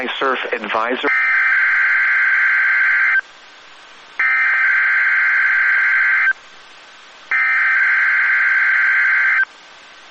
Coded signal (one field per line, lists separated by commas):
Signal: Emergency Alert System (SAME) tones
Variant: header bursts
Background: speech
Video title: Weather Radio Wednesday Tests (EAS #945-#954)